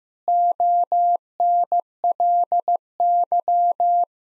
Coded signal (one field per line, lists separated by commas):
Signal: Morse code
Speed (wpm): 16 wpm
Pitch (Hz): 700 Hz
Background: none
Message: ONLY